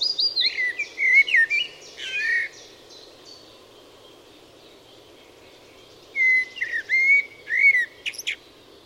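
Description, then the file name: Eurasian blackbird singing two phrases: mellow, fluting warbles, each closing in a scratchy high twitter, with a long pause between them. "Turdus merula"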